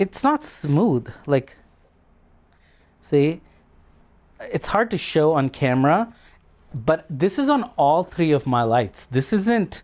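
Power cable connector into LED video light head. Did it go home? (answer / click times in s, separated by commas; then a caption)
no / none. Someone talks while twisting a locking power cable connector into an Aputure 400x LED video light head. Only a faint, brief sound is heard around 2.5 s during the turn. No click is heard: the connection feels dampened, so there's no sound to tell you it is seated.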